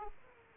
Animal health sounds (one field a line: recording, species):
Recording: mosquito wingbeat signal from an infrared sensor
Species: Aedes aegypti